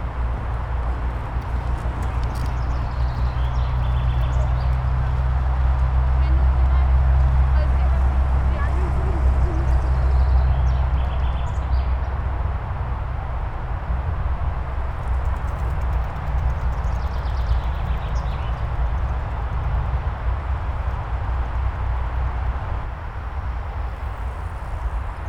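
A steady hum of Autobahn traffic fills the recording, with a deep low rumble that swells strongest in the first ten seconds and then eases slightly. Faint voices and soft clopping or rattling sounds drift through, along with light wind noise throughout.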